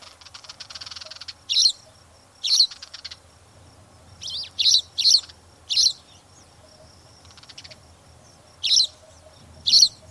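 Spanish sparrow chirps, single harsh notes with pauses between, and a brief buzzy rattle near the start.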